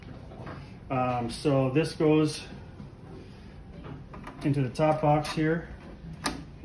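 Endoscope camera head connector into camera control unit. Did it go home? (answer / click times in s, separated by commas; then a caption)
yes / 6.3 s. Someone talks while the endoscopy camera head cable plug on a Storz endoscopy tower is pushed straight into the camera control unit socket in the top box. It latches with a sharp click at 6.3 s, seating the connector.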